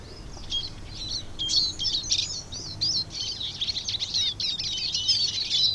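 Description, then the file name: Eurasian siskin calls, bursts of sharp high chirps and squeaky notes in uneven clusters, growing busier and more continuous toward the end. "Eurasian Siskin (Carduelis spinus)"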